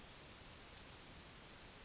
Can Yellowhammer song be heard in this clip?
no